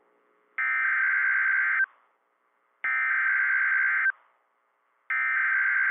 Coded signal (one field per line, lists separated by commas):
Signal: Emergency Alert System (SAME) tones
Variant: header bursts